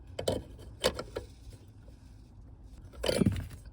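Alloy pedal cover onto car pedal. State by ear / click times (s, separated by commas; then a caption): not seated / none. Someone tries a different way of pushing an alloy pedal cover onto the pedal of a Venue car, making short knocking and scraping bursts around 0.2–0.3 s, 0.9–1.2 s and 3.0–3.4 s. Nothing has seated or clicked yet; the cover still does not go on, and the attempt is abandoned to go look up a guide.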